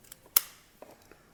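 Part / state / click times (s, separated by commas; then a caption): XLR cable plug into a condenser microphone's XLR socket / seated / 0.4 s. An XLR cable plug is pushed into the XLR socket of a Digimore D-440 condenser microphone and locks automatically, seating with a sharp, bright click at 0.4 s. Softer small clicks and handling taps sound around it at 0.1 s, 0.8 s and 1.1 s.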